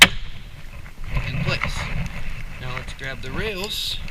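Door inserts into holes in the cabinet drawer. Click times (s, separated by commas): 0.0 s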